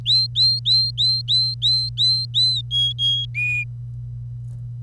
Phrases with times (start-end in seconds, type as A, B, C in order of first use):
0.06-2.61 A, 2.71-3.25 B, 3.35-3.64 C